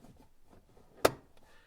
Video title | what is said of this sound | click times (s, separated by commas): How To Replace 2020 - 2023 Mazda CX-30 Cabin Air filter - Change Replacement CX30 Filter Location | and it'll snap in there you'll feel it kind of lock into place and it snaps in | 1.0 s